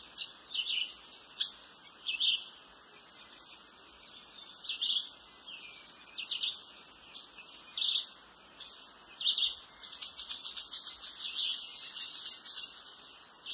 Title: LuckyPassaro Completos2Sama. Ochre-collared Piculet (Picumnus temminckii)